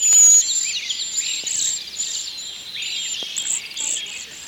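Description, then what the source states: Cedar waxwing calls: a series of very high, thin, lisping notes. Calls likened to tiny mice snoring.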